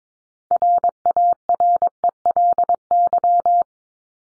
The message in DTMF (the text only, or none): none